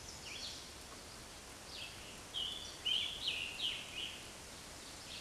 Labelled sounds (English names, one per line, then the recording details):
Scarlet Tanager song
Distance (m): 25 m
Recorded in a Pennsylvania forest on 19 May 2023 at 10:58
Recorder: AudioMoth, point grid1_26_low
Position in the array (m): 170 m, 59 m